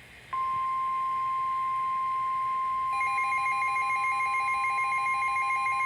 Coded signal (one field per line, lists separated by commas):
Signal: Emergency Alert System (SAME) tones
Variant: 1050 Hz attention tone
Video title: EAS #2,074-2,075 (DOUBLE-HEADER) NOAA Weather Radio (WR-300) PHI SVR’s Juneteenth 2025 6:14 PM EDT